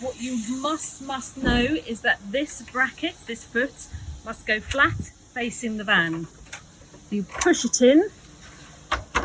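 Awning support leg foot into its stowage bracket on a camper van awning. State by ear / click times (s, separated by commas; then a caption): seated / 8.9 s, 9.2 s. Someone talks while folding away the support leg of a VW camper van awning, turning its foot flat to face the van and pushing it into its stowage bracket on the awning. Two sharp clicks come at 8.9 s and 9.2 s as the foot snaps back in and seats.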